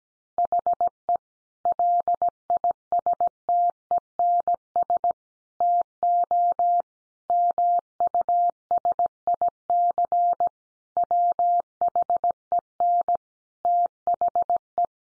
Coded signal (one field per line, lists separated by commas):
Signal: Morse code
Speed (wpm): 17 wpm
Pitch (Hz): 700 Hz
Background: none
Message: HE LISTENS TO MUSIC WHEN THE